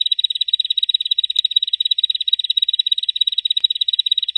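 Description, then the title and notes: Bar-winged prinia singing a rapid, rattling high-pitched trill, evenly pulsed and continuous throughout, with a brief click partway through. Local name ciblek; ngebren song style; used as a tutor recording for training white-rumped shama (murai batu). "Ciblek Ngebren Untuk Masteran Murai Batu. Suara burung ciblek"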